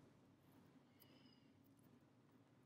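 A glass seed bead is pulled into a peyote-stitch row, giving a faint, brief click at 1.0 s over a steady low hum. The bead only partly seats and does not settle fully into the row.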